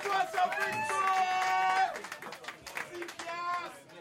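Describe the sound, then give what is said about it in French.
An audience applauds the artist with scattered clapping, mixed with loud high-pitched cheers and whoops that rise over it at the start and again near the end. “Oui, on peut l'applaudir.”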